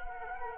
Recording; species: mosquito wingbeat signal from an infrared sensor; Culex quinquefasciatus